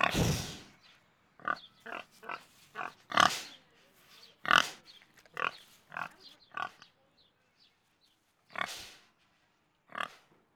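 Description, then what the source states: Pig grunts and snuffling sniffs come in quick, irregular bursts, with a louder snort at the start. Hog grunting and sniffing.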